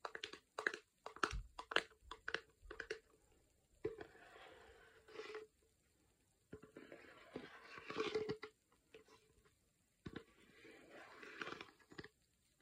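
Crisp tapping and scratching on a hard surface, with quick bursts early on, then slower clusters and brief silences.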